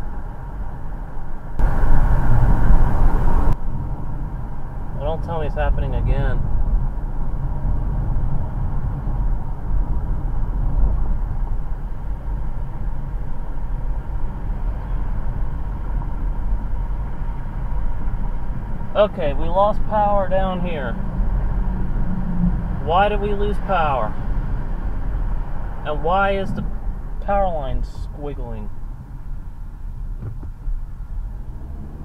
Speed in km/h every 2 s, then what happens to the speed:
47, 47, 47, 48, 50, 52, 53, 53, 55, 55, 56, 56, 55, 39, 26, 18.
0-24 speeds up to 55. 24-29 brakes to 18.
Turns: none.